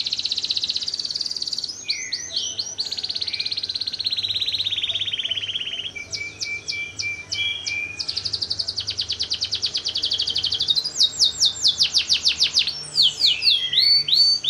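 Bird song: fast runs of high descending whistles alternating with buzzy trills and rattling chatter, continuous and varied throughout.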